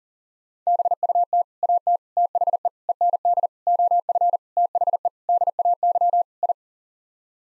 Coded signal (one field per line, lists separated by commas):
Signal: Morse code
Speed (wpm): 40 wpm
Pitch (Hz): 700 Hz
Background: none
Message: BUT AT THE END OF THE DAY I